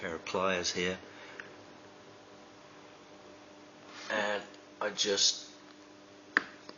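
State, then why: Released. Someone talks while squeezing and wiggling an old plastic rod guide on the T-bar roof bar of an MR2 MK2 with small pliers from a small Swiss army knife. A sharp pop is heard at 6.4 s as the guide pops free and is released.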